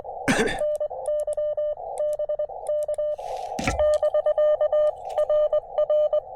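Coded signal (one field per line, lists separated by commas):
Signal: Morse code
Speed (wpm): 23 wpm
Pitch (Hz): 600 Hz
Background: none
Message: NY BK <BK> RR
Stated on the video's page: POTA and SOTA activation with a KX2 and 17-foot vertical on 20m and 15m, with short-lived huge pileups.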